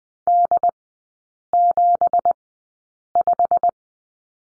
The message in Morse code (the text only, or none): D75